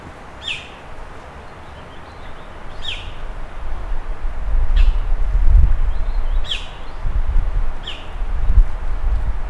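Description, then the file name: Bird calls, single sharp down-slurred notes repeated about every two seconds over a low background rumble. "SABIOD 50 bird 2015"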